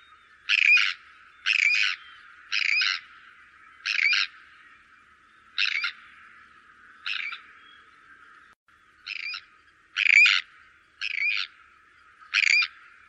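Bird giving harsh, rasping screech-like calls, about ten short bursts roughly once a second with a brief pause midway; little other sound.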